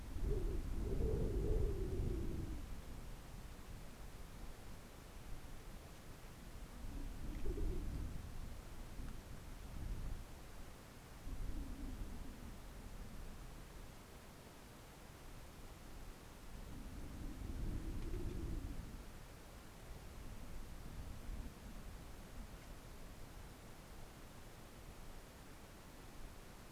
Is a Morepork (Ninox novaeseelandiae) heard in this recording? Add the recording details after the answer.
no. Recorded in New Zealand on 4 June 2017. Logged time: 19:01. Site Taranaki